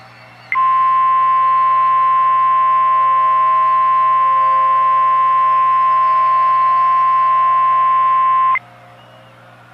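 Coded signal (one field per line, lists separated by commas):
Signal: Emergency Alert System (SAME) tones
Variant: 1050 Hz attention tone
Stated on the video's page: Fictional EAS/analog horror scenario using valid EAS tones.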